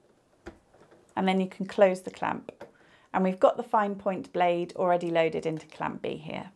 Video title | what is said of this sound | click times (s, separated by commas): Maken: Papieren etiket | take the lid off and then push it down until it clicks into clamp a | 0.5 s